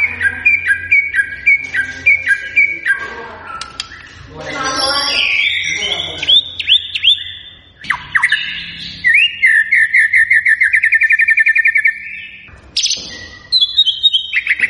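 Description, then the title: White-rumped shama song: fast repeated chirps, then rich, varied phrases with buzzy trills and sweeping notes, loud. Energetic, vigorously singing white-rumped shama used as a lure to provoke a response from other birds. "PANCINGAN MURAI BATU GACOR"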